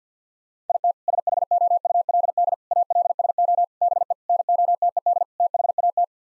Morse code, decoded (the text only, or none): IT SHOULD ALSO BE NOTED THAT